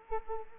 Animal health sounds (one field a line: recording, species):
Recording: mosquito wingbeat signal from an infrared sensor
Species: Anopheles arabiensis